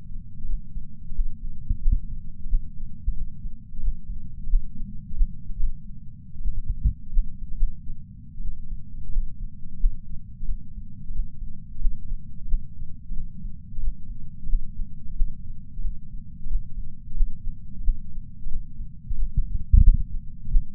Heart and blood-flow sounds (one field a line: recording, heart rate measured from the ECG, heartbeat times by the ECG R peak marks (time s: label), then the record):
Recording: heart sounds by patch sensor on the chest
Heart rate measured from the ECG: 90 bpm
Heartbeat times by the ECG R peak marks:
0.48 s: heartbeat
1.14 s: heartbeat
1.81 s: heartbeat
2.45 s: heartbeat
3.15 s: heartbeat
3.82 s: heartbeat
4.49 s: heartbeat
5.16 s: heartbeat
5.58 s: heartbeat
6.44 s: heartbeat
7.12 s: heartbeat
7.57 s: heartbeat
8.44 s: heartbeat
9.12 s: heartbeat
9.79 s: heartbeat
10.46 s: heartbeat
11.14 s: heartbeat
11.80 s: heartbeat
12.44 s: heartbeat
13.15 s: heartbeat
13.82 s: heartbeat
14.48 s: heartbeat
15.12 s: heartbeat
15.83 s: heartbeat
16.49 s: heartbeat
17.16 s: heartbeat
17.83 s: heartbeat
18.50 s: heartbeat
19.17 s: heartbeat
19.83 s: heartbeat
20.50 s: heartbeat
From the record:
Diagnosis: coronary artery disease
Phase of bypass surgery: postoperative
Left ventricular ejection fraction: 56.9%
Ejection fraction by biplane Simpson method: 54%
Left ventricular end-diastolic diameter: 47 mm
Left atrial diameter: 43 mm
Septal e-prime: 5 cm/s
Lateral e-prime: 5.3 cm/s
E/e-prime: 10.9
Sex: male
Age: 77 years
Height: 160 cm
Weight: 79.5 kg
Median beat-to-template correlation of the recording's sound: 0.62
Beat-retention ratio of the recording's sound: 1.00